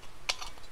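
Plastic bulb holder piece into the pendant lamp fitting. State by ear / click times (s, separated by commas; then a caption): seated / 0.3 s. A plastic bulb holder piece is pushed into a pendant lamp fitting during assembly, and a sharp, bright click sounds at 0.3 s as it locks in place. The holder seats despite uncertainty about which way up it goes, showing either orientation works. A fainter tap follows near the end of the clip over low background noise.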